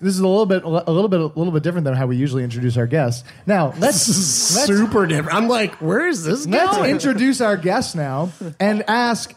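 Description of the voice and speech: Fluent, casual adult speech with ordinary pitch and rhythm, brief hissy noise midway; typical speech.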